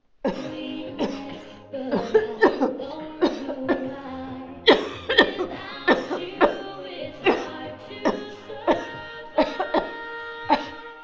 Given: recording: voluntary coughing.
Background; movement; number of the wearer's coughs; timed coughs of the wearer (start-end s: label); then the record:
music; sitting; 16
0.22-0.80 s: cough
0.99-1.36 s: cough
1.90-2.32 s: cough
2.39-2.74 s: cough
3.20-3.59 s: cough
3.66-4.08 s: cough
4.65-5.17 s: cough
5.17-5.49 s: cough
5.85-6.29 s: cough
6.38-6.71 s: cough
7.23-7.63 s: cough
8.02-8.27 s: cough
8.65-8.99 s: cough
9.35-9.69 s: cough
9.71-9.91 s: cough
10.47-10.81 s: cough
From the record:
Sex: female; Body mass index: 21.8 kg/m2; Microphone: on the chest, facing outward